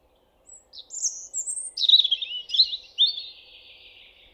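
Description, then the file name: European robin sings a rippling series of high whistles that step downward into a buzzy, fading trill. "Erithacus rubecula"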